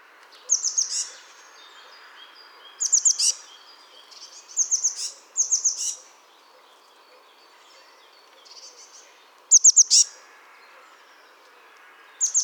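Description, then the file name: Eurasian blue tit calls: short clusters of three or four very high, thin notes, separated by quiet gaps. "Cyanistes caeruleus"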